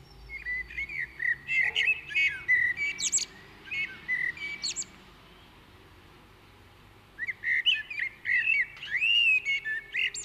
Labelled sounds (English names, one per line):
Common Blackbird song